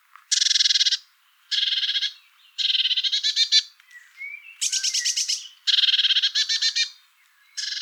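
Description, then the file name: Eurasian blue tit giving repeated harsh churring bursts, several in succession, with a soft rising whistle slipped in midway. "Cyanistes caeruleus"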